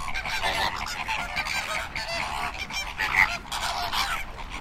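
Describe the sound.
Flamingo group calling, many overlapping nasal honks and grunting chatter in a constant, dense flock chorus over low background rumble.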